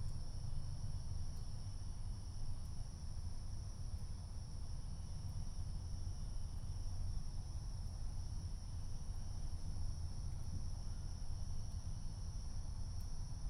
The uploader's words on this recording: Neighborhood Fireworks, 11:00pm. Sitting on my front porch while some of my neighbors blow shit up on the Fourth of July.